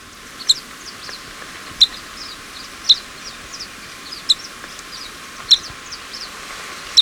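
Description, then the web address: Glossy flowerpiercer giving thin high chipping notes, with sharp clicks every second or so over constant background hiss. In Ecuador. "Natures Songs S America Birds of Ecuador. Glossy Flowerpiercer"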